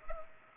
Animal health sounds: mosquito wingbeat signal from an infrared sensor; Culex pipiens

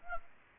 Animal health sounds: mosquito wingbeat signal from an infrared sensor; Anopheles arabiensis

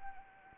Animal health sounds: mosquito wingbeat signal from an infrared sensor; Anopheles arabiensis

